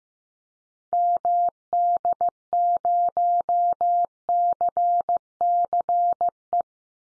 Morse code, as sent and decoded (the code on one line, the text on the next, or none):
-- -.. ----- -.-. -.-. .
MD0CCE